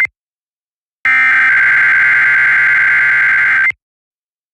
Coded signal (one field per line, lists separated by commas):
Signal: Emergency Alert System (SAME) tones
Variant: header bursts